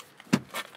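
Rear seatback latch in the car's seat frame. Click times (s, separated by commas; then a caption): 0.3 s. The rear seatback of a Euro-spec 2022 Kia EV6 Long Range RWD is folded, and its latch in the car's seat frame catches with a sharp, low clunk at 0.3 s, bracketed by faint ticks at 0.2 s and 0.8 s. A softer rustling swell follows around 0.6 s. The seatback locks into place.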